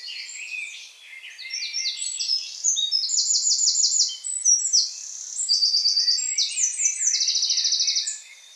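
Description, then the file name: Eurasian Wren song, a long, vigorous run of piercing notes broken by several fast mechanical trills, the last trill sustained before the song stops. "Troglodytes troglodytes"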